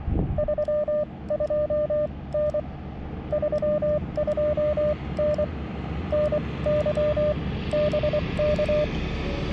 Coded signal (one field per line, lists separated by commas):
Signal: Morse code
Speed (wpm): 23 wpm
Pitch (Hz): 590 Hz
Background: radio noise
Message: 32N 32N NY BK